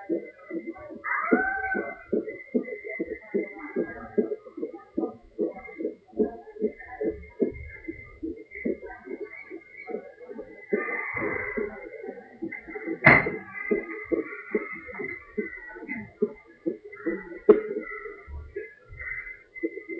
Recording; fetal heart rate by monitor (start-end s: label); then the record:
fetal heart sounds by stethoscope on the mother's abdomen
0.00-10.00 s: 151 bpm
10.00-20.00 s: 140 bpm
From the record:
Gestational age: 34 weeks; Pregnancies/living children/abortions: 4/1/2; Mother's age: 27 years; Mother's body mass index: 29.4